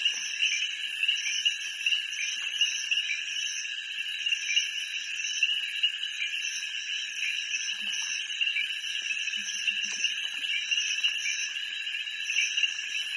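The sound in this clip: Frogs in full chorus, a constant shrill trill with repeated pulsing notes above it.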